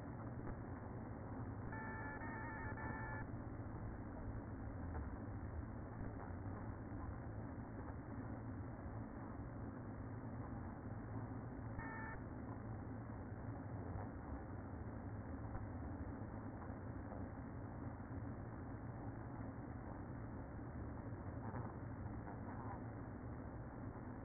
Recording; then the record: honeybee colony, microphone inside the hive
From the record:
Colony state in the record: queen present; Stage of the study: after two queens were removed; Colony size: about 60,000 bees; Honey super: yes